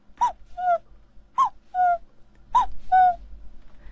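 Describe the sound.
A jaw harp, held in the mouth and plucked by hand, imitates a young, smaller cuckoo: three bright two-note calls, each a higher note dropping to a lower one, repeated at an even pace with short twangy attacks and no talking.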